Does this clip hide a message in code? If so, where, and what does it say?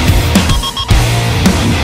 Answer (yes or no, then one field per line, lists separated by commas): no